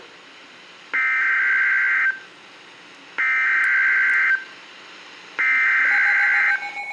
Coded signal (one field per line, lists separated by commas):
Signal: Emergency Alert System (SAME) tones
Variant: header bursts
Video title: TORNADO WARNING FOR MY AREA AGAIN! (EAS #901-903)